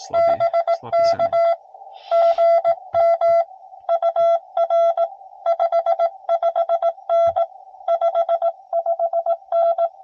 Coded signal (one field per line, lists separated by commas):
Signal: Morse code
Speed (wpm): 19 wpm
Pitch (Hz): 680 Hz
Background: radio noise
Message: BK GM UR 55N 55N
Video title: 7 POTA Parks Activated By Noonday!